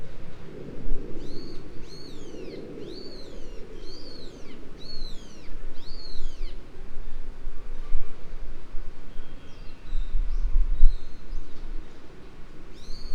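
Bird calling: a series of sharp, high, downward-arching chirps in quick succession, then a pause and fainter notes, over steady low rumbling noise.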